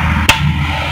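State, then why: Seated. During reassembly of an Epson L120 inkjet printer, a plastic lock/guide part is slid back into the printer mechanism until it locks with a single sharp click at 0.3 s. The part is seated and firmly locked in place.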